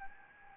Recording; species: mosquito wingbeat signal from an infrared sensor; Anopheles arabiensis